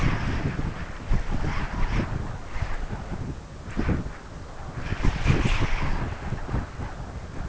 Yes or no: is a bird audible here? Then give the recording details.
no. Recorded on Arctic tundra, site UTQI-5, on 12 June 2019. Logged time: 08:00